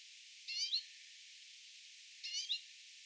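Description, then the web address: Common redpoll calls: two separate bursts, each a quick cluster of high twittering notes. Several redpolls calling along a bird tower path on 12 September 2024. "paivat 12 9 2024 urpiaisten aanta lintutornipolun varrella"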